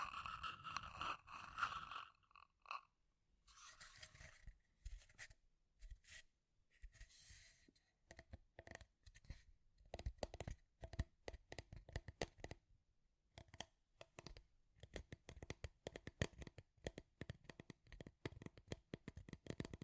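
Scratchy tapping. It opens with a dense rustling scratch, then brief bright scrapes come and go with short silences. From about eight seconds on, quick irregular taps and clicks patter almost continuously, with a pause near thirteen seconds.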